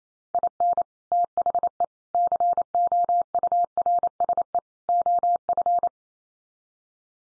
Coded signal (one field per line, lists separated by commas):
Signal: Morse code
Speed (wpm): 28 wpm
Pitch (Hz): 700 Hz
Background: none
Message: IN THE COURSE OF